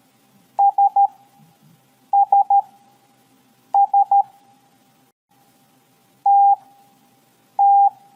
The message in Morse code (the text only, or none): SSS TT